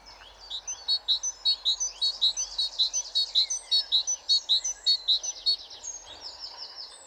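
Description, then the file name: Great tit calling: high, sharp notes repeated steadily in a long, ringing series over faint background noise. "Parus major"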